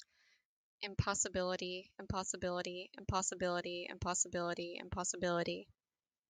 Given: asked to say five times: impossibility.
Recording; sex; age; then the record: repeated word; female; 20 to 29 years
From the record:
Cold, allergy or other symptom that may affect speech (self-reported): no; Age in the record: 23 years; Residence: Nebraska, United States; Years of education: 16